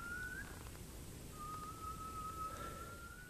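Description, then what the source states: Spotted Owl whistled call: a short rising whistle, then after a pause a long, steady, slightly rising whistle, over a soft background hiss. Wild pair of this endangered species in a forest in Humboldt County, California; the call stopped the listener in her tracks, and the owls were found at close range.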